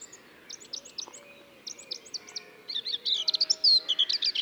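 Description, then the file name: Eurasian blackcap song: soft scattered high notes building into a louder, quick, jumbled warble near the end over a low background hiss. "Sylvia atricapilla"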